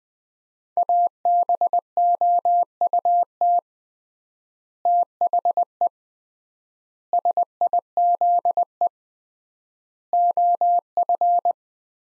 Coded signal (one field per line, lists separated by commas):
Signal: Morse code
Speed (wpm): 20 wpm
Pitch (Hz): 700 Hz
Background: none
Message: ABOUT THE SIZE OF